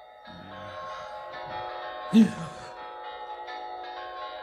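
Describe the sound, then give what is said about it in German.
Church bells in Dikanka ring for the Christmas service in a steady wash of overlapping, sustained metallic tones, with one louder clang standing out midway through, all at a moderate level with no voices. “Mein Gott, da läuten sie ja schon zum Weihnachtsgottesdienst und ich schlafe wie ein Maulwurf unterm Schnee.”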